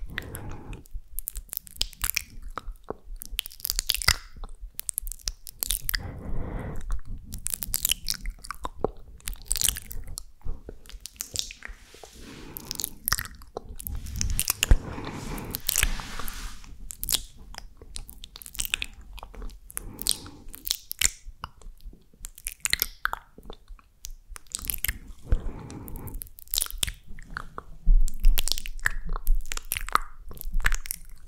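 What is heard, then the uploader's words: Someone chews with wet, crunchy bites in a fast, irregular rhythm, clicks and smacks throughout, with a louder burst around fifteen seconds. ASMR Mouth Sounds Chewing Sounds.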